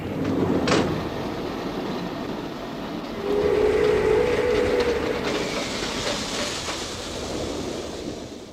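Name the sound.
train running on rails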